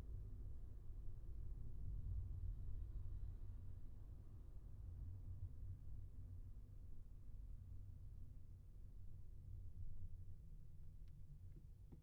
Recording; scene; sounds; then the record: everyday scene through a hearing-aid microphone; in a vehicle; engine, highway traffic jam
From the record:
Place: Skoda Fabia, gasoline engine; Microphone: behind the ear, left, rear